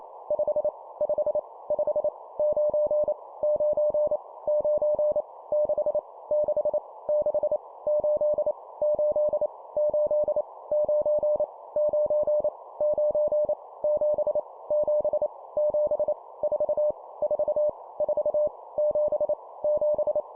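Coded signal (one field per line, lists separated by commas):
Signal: Morse code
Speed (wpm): 28 wpm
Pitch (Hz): 600 Hz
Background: none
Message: 5 5 5 9 9 9 6 6 6 8 8 8 9 9 9 7 7 7 4 4 4 7 7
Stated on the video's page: Morse practice at 25 wpm, random numbers each repeated three times.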